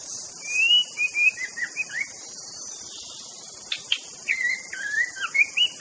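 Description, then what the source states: White-rumped shama song of short slurred whistles, wavering up and down in quick succession, set against a continuous shrill insect hum. Wild bird singing in forest.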